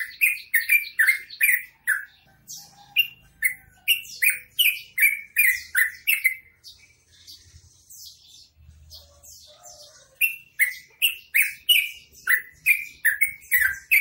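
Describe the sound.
Bird singing fast runs of sharp chirps with buzzy high edges, pausing briefly midway with faint low rumbles, then resuming the same quick repeated notes.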